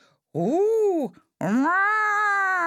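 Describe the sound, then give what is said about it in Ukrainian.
Two cats yowl at night behind a fence in a vegetable garden: a drawn-out, rising-then-falling wailing cry followed after a short pause by a longer, steady moaning howl, both loud and tonal with no other sound. “«Каты», – сказала мама, – «гэта надоўга? Могуць цэлую ноч выць, хто каго перавыя».”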